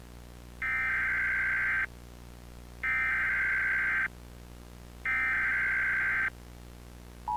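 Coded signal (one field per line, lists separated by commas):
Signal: Emergency Alert System (SAME) tones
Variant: header bursts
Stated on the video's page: A fictional analog-horror EAS scenario that may contain valid EAS tones.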